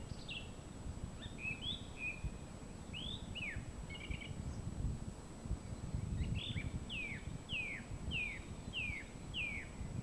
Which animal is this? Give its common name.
Song Thrush